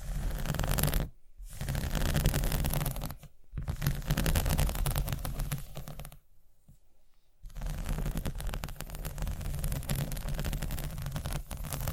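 Dense scratching with a dry, rasping grain runs in long bursts, rich in low rumble and crisp high hiss. Brief silent pauses fall near 1 and 3.5 seconds, with a longer quiet gap around 6 to 7.5 seconds before the scratching resumes steadily.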